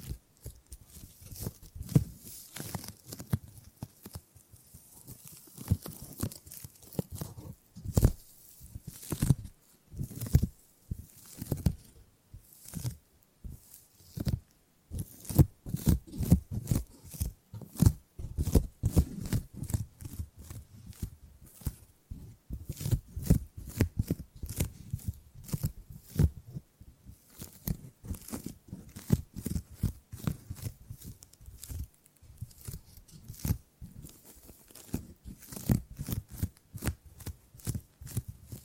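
Tingly gripping and grabbing sounds, made up of rapid crisp rustles and taps that run nearly without pause for the whole length. Each grab is short and bright with a soft low thump beneath, coming in irregular bursts, busiest around the middle.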